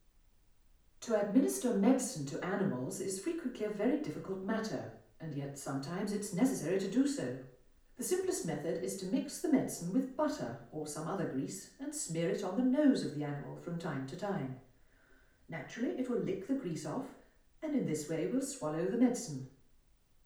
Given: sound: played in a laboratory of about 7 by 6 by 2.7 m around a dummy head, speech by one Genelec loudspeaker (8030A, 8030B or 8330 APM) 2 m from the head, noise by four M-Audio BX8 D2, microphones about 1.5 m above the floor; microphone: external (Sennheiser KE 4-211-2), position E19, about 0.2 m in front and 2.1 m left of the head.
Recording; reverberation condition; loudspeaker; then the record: female speech in English; medium; 60 degrees to the right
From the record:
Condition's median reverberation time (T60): about 510 ms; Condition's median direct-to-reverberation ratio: about -0.5 dB